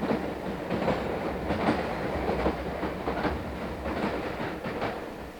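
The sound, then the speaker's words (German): A train rolls past at a train station, recorded with two microphones, with a steady, loud rumble, its wheels clacking over the rail joints in an uneven rhythm. There are no voices. “Auch die Bahnhofsgeräusche, die wir mit Hilfe von 2 Mikrofonen aufnahmen, hörten sich nach mehrmaligen gescheiterten Aufnahmeversuchen am Ende doch gut an.”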